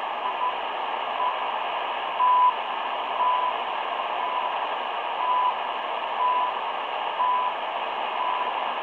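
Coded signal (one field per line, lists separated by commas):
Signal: radio time signal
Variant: CHU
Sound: short 1 kHz beeps about once a second through steady hiss, about seven ticks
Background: radio static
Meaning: Each tick marks one second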